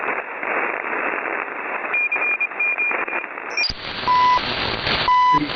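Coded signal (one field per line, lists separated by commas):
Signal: radio time signal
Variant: CHU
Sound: shortwave hiss, then two short 1 kHz ticks one second apart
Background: radio static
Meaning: Each 1 kHz pulse marks the start of a second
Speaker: That's a time station in Ottawa, Canada. And they've been around for time years. But they're actually sending out precise signals for measuring time.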